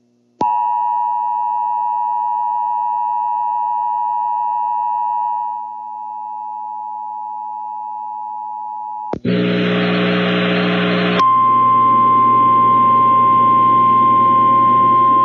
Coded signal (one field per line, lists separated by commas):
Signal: Emergency Alert System (SAME) tones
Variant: 853 and 960 Hz attention tone